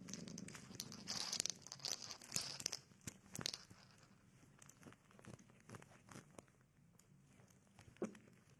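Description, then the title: Cat purr, faint and low at the opening, mixed with crisp crunching and crinkling sounds through the rest. Domestic cat eating, sleeping and playing. "正经的猫片：猫咪进食、睡觉、玩耍的声音"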